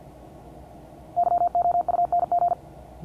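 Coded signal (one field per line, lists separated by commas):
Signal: Morse code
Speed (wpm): 54 wpm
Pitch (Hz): 700 Hz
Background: none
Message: YOUNG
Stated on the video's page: Morse code class.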